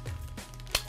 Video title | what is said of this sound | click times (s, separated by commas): Unboxing iPhone 7 ReNew Premium Pack | got a nice click to it | 0.8 s